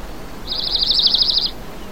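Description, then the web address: Bird song: a single high, rapid trill lasting about a second, evenly pulsed and steady in pitch, over a faint low background hum. "cantos"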